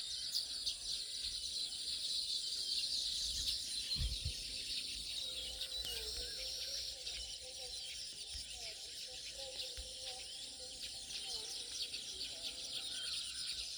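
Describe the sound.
Baya weaver calls form a steady, high, buzzing chorus of overlapping chirps, over a low rumble with a few soft thumps near four seconds.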